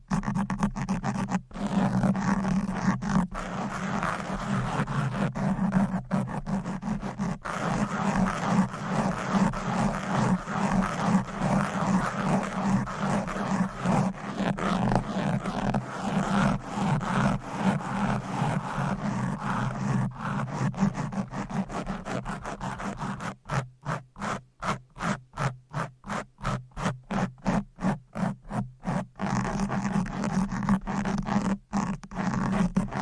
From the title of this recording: Fast and Aggressive Mic Scratching